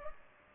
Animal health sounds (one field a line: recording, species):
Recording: mosquito wingbeat signal from an infrared sensor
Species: Culex pipiens